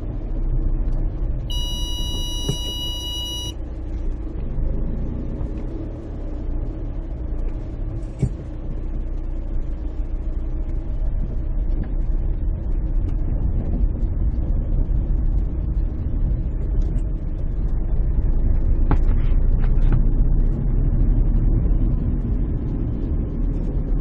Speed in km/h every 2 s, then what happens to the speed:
2, 0, 0, 0, 6, 11, 13, 14, 18, 26, 28, 30.
0-6 standing. 6-11 pulls away to 13. 15-24 speeds up to 30.